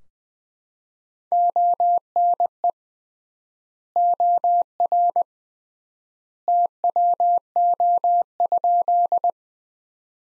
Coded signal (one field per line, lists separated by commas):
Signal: Morse code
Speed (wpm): 20 wpm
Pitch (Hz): 700 Hz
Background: none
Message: ONE OR TWO?